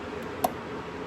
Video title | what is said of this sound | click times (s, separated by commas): C8 corvette Bad News Racing tune - HPtuners unlock - ECM (ecu) removal | That's another click. Boom. You're good. | 0.4 s